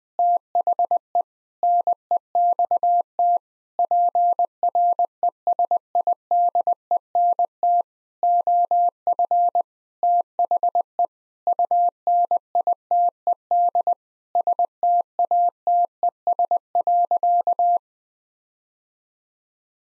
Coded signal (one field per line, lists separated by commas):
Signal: Morse code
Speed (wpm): 21 wpm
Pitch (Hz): 700 Hz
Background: none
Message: THE NEXT PRESIDENT OF THE UNITED STATES.